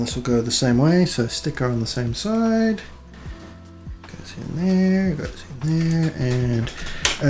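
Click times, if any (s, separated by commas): 7.1 s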